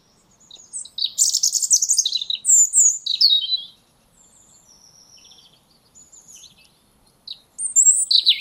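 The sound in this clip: European robin song: a cascade of high, sweet, varied notes and trills, a lull with soft twitters, then a new bright phrase at the end.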